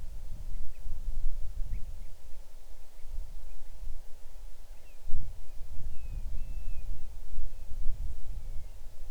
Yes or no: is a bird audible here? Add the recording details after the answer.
yes. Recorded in the Arctic National Wildlife Refuge, Alaska, on 6 July 2019 at 00:21. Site 39